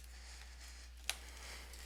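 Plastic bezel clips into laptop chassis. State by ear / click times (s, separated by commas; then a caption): not seated / none. Plastic bezel or trim clips are pressed back into the chassis of an IBM ThinkPad X60 laptop during a keyboard replacement. Low steady hum throughout, with one short, sharp broadband tick at about 1.1 s. Nothing has seated or snapped home yet.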